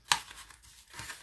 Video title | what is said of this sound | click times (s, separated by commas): Christmas Gifts | and they just snap into place which is nice so you don't have to worry about gluing anything | 0.1 s